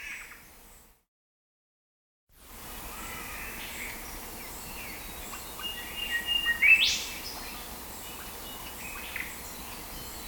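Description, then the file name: Australian golden whistler calling: a few faint whistled notes building to a sharp upward-sweeping whip-like note, over steady background hiss, with a brief silent gap near the start. "Pachycephala Pectoralis"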